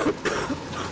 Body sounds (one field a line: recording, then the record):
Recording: coughing mixed with background sound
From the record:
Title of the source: 31 night wet cough